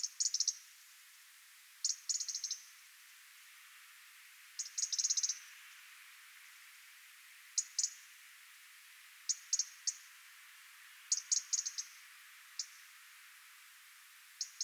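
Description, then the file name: European robin call series: repeated short bursts of high clicking ticks, uneven in spacing and length, over a faint, steady hiss. "Erithacus rubecula"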